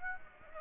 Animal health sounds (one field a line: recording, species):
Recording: mosquito wingbeat signal from an infrared sensor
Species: Aedes aegypti